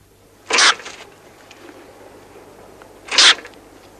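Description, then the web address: Stoat making two brief, rasping hiss bursts roughly two and a half seconds apart, otherwise quiet. "earth naturelibrary assets s st stoat"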